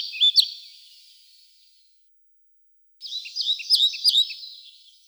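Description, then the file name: European pied flycatcher with short, high sweeping notes: a brief cluster at the start, a pause, then a quick series of several bright notes. "Ficedula hypoleuca"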